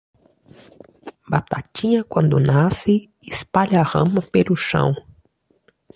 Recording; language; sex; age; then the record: short text; Brazilian Portuguese; male; 30 to 39 years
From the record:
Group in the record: control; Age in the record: 38 years